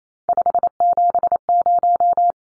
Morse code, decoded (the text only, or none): 570